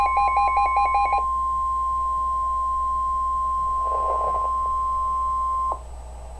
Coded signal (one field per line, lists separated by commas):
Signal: Emergency Alert System (SAME) tones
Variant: 1050 Hz attention tone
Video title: NOAA - Winter Storm Warning (EAS #1,126)